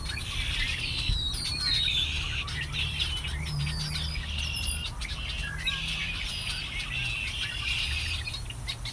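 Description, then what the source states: Birds calling together, a busy mix of quick chirps and downslurred whistles without pause, with a constant low-pitched rumble underneath. Migrating birds hiding in bushes around a lake at Ashburton.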